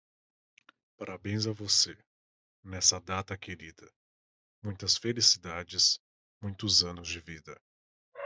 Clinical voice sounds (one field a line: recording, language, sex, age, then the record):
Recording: short text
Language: Brazilian Portuguese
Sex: male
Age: 30 to 39 years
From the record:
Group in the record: control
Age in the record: 35 years